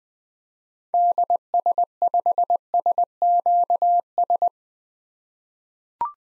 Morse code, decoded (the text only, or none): DS5SQS